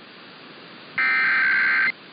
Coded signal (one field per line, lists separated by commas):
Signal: Emergency Alert System (SAME) tones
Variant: header bursts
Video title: A Long Testing Tuesday (EAS #22838-22899) 10/8/24